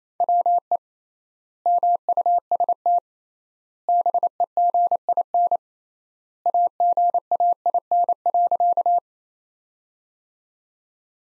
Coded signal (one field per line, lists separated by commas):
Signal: Morse code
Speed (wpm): 28 wpm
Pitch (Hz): 700 Hz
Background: none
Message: WE MUST BEGIN AGAIN.